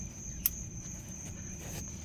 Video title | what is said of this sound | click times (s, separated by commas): BMW M340i - How to rewind Electronic Parking Brake - Rear Brake Pad Replacement | And you want to make sure you hear that click. So, listen. | 0.5 s